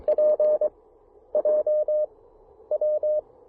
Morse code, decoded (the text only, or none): PJW